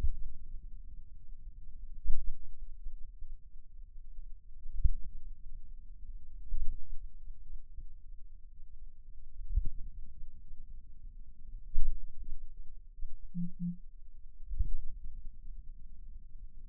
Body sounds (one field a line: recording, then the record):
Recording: forearm muscle sounds (acoustic myography)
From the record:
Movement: finger pinch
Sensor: system 2, bracelet of six BSWA MPA416 microphones around the upper forearm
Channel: 5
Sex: male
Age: 22 years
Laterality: right